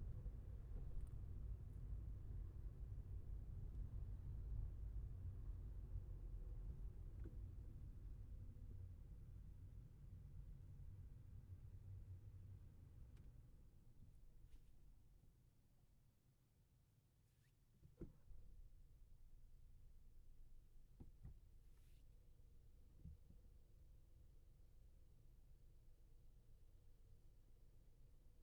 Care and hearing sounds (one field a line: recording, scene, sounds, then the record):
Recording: everyday scene through a hearing-aid microphone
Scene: in a vehicle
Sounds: engine, traffic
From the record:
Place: Skoda Fabia, gasoline engine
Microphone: behind the ear, left, rear